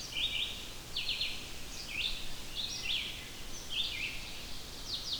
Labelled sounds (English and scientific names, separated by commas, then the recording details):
Red-eyed Vireo (Vireo olivaceus) song
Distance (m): 35 m
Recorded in boreal forest in Alberta, Canada, on 14 June 2016 at 05:05
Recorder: SongMeter 3, array SBT-3-33
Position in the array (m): 155 m, 192 m